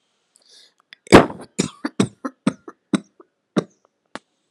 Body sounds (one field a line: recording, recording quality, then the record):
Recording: heavy voluntary cough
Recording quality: excellent, no background noise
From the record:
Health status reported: healthy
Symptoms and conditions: none ticked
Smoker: not ticked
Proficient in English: yes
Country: India